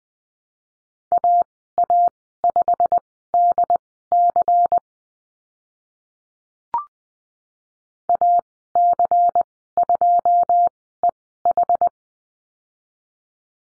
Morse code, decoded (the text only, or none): AA5DC AC2EH